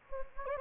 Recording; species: mosquito wingbeat signal from an infrared sensor; Anopheles gambiae